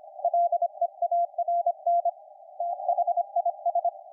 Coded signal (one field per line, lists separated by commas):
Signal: Morse code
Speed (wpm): 25 wpm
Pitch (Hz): 690 Hz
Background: none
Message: LEARN THIS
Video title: HP15 laptop + SDRplay